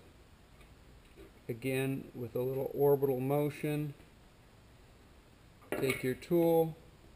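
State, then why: Not seated. A metal retaining clip for the front hub seal is handled with an installation tool, using a little orbital motion, at its groove in the hub bore while someone talks. Nothing has seated or clicked yet; the clip has not snapped home into the groove.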